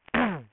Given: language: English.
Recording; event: throat vibration sensor signal played as sound; throat clearing